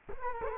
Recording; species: mosquito wingbeat signal from an infrared sensor; Culex quinquefasciatus